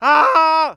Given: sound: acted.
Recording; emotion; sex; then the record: nonverbal affect burst; fear; male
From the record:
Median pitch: 317 Hz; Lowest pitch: 129 Hz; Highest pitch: 537 Hz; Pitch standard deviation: 93 Hz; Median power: 80.2 dB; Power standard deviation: 10.5 dB